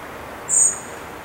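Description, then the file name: Common blackbird giving a single thin, very high, drawn-out whistled note lasting about three tenths of a second, over a steady faint background hiss. "Turdus merula"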